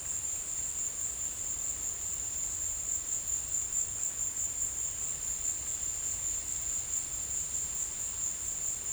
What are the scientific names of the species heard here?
none